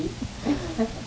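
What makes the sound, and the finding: Abdomen. Borborygmi (stomach growling).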